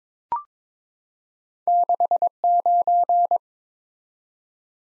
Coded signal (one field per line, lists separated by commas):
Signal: Morse code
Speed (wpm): 21 wpm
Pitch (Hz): 700 Hz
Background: none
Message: 69